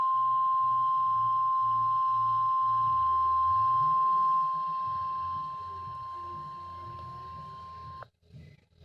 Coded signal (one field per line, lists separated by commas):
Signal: Emergency Alert System (SAME) tones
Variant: 1050 Hz attention tone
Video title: Mega EAS Alert Compilation! (EAS #456- #492)